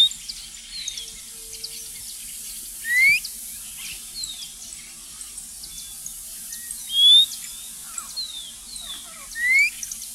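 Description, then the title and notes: White monjita giving thin rising whistles, each under half a second, repeated every few seconds over a busy background of faint high chirps from other birds. Dawn whistle called "canto del alba", given before sunrise; species seldom heard singing; solitary, wary white bird with black wing and tail tips, living in suburban, rural and shrubby areas. "Museo de Ciencias de Bahía Blanca. Monjita Blanca (Xolmis irupero). antes del amanecer deja oír un silbido denominado "canto del alba""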